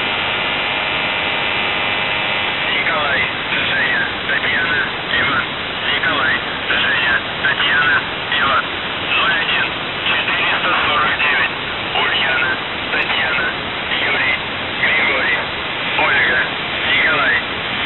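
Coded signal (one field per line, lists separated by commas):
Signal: numbers station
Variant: UVB-76, Russian voice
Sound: a male voice reading words through heavy hissing shortwave static, no buzzer heard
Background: radio static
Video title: The Buzzer/UVB-76(4625Khz) April 29th, 2023 10:33UTC Voice message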